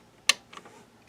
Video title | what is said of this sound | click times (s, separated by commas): How to install a CIS on a Canon Maxify MB Printer | so now just slide them in there just like you're putting cartridges in like I said you want to hear that click | 0.3 s